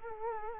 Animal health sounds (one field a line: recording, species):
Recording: mosquito wingbeat signal from an infrared sensor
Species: Culex quinquefasciatus